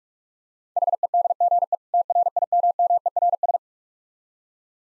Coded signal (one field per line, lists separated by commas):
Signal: Morse code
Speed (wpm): 46 wpm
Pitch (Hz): 700 Hz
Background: none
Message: HEDGE TRIMMERS